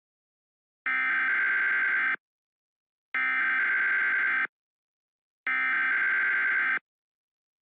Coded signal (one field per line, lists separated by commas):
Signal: Emergency Alert System (SAME) tones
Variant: header bursts